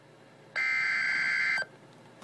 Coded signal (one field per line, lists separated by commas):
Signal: Emergency Alert System (SAME) tones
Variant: header bursts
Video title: REAL EAS 1200-Severe Thunderstorm Warning